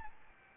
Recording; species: mosquito wingbeat signal from an infrared sensor; Aedes albopictus